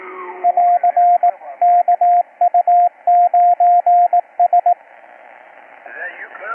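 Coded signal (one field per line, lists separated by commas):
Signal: Morse code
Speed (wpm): 18 wpm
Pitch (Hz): 700 Hz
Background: speech, radio noise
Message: <AR> KU9S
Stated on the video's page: Heard on 3973 kHz (80m) during a daily amateur net, received on an Icom 7300 with different audio settings.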